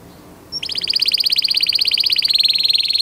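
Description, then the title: Belgian canary song: a brief high note, then a rapid even trill of buzzy repeated notes held for over two seconds. Male Belgian canary singing a lot; recording used for training young canaries to sing. "Esquente Seu Filhote E Canario Belga Em 30 Minutos Macho Cantando Muito. Canary 's most powerful song for training"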